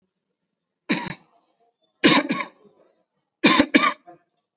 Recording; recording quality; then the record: heavy voluntary cough; excellent, no background noise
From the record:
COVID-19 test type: RT-PCR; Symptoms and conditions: sore throat, fever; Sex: male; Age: 22 years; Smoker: no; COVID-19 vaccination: one dose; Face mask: worn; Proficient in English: yes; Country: India